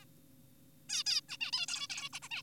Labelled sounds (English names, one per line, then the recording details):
Zebra Finch
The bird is an adult
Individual g4p5U